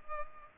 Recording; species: mosquito wingbeat signal from an infrared sensor; Culex pipiens